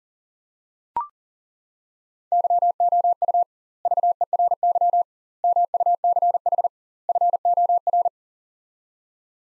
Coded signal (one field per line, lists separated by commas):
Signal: Morse code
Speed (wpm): 40 wpm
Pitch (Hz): 700 Hz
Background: none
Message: YOU VERY MUCH FOR